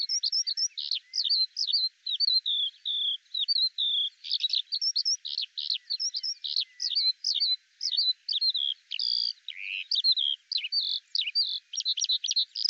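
Eurasian skylark song, a continuous rapid stream of high chirps, trills and buzzy notes, no other sounds clear.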